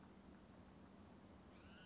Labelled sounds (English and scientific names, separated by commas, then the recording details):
California Towhee (Melozone crissalis)
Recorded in Sonoma County, California